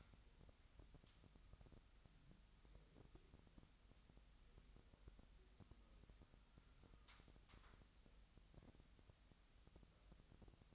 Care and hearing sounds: daily activity, microphone in the room; wipe stove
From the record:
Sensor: 3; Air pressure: 1003.3 hPa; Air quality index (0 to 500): 198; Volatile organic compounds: 6 ppm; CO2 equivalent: 1938 ppm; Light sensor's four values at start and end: 9/21/9/9 and 9/21/9/9

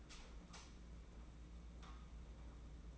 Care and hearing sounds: daily activity, microphone in the room; light on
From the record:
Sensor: 1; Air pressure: 991.9 hPa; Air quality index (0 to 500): 208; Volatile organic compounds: 1000 ppm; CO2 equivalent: 8075 ppm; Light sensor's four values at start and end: 9/22/9/9 and 14/39/15/16

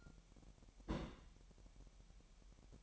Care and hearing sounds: daily activity, microphone in the room; place on stove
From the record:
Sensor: 1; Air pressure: 1012.1 hPa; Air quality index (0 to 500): 224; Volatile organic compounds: 5 ppm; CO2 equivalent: 1788 ppm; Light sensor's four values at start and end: 69/161/69/73 and 68/161/69/72

